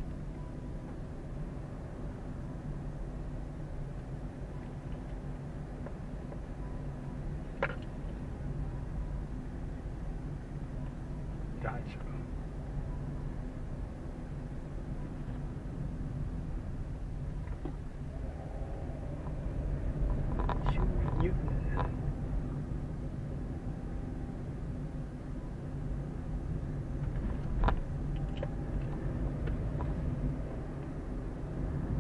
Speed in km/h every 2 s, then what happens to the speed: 19, 20, 20, 21, 20, 20, 20, 20, 13, 16, 22, 23, 24, 23, 25, 28.
0-14 steady at about 20. 14-17 slows to 13. 17-20 speeds up to 22. 20-32 steady at about 23.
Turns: none.